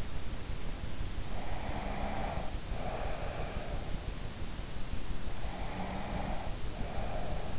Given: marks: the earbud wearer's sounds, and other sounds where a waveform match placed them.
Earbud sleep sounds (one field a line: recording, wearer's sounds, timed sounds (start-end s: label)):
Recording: sounds in sleep by an in-ear microphone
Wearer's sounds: snoring breath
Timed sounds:
1.49-3.88 s: snoring breath
5.50-7.59 s: snoring breath